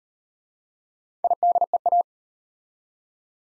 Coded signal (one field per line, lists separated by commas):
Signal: Morse code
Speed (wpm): 40 wpm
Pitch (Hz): 700 Hz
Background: none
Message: IDEA